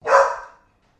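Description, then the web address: Golden Retriever giving a single short, loud bark that fades quickly, with nothing else heard. Domestic dog barking. "Sound Effects-Foundation 1 ANIMAL DOG GOLDEN RETRIEVER DOTTI BARK"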